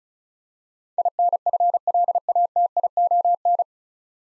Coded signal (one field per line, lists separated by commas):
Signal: Morse code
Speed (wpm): 36 wpm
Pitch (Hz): 700 Hz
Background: none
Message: INFLATION